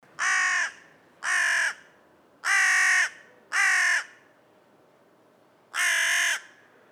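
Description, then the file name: Carrion crow giving harsh, hoarse caws, five calls in loose rhythm with a longer pause before the last one. "Corvus corone"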